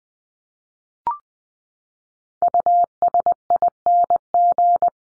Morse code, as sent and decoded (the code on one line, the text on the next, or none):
..- ... .. -. --.
USING